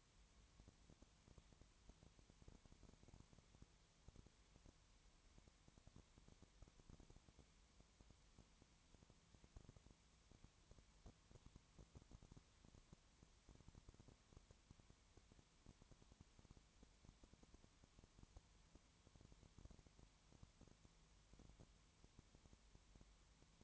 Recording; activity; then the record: daily activity, microphone in the room; no activity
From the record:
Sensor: 3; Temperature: 20.5 degrees Celsius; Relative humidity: 32.9%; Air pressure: 1003.2 hPa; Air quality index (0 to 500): 106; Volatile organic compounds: 2 ppm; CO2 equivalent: 1073 ppm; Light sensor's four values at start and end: 2/3/2/2 and 2/3/2/2